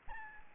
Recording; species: mosquito wingbeat signal from an infrared sensor; Aedes albopictus